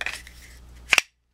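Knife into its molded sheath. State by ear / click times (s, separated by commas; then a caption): seated / 0.9 s. A Swissbianco bushcraft knife is pushed firmly into its molded plastic sheath, which snaps it in with a sharp click at 0.9 s, followed by a second sharp click right after at about 1.0 s. Quieter faint clicks and rustling come before it, and silence follows. The knife is seated and locked, so it isn't lost in the field; pushing it in slowly would not make it click.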